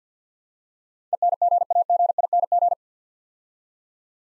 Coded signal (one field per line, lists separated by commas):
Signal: Morse code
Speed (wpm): 50 wpm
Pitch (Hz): 700 Hz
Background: none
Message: ENGAGING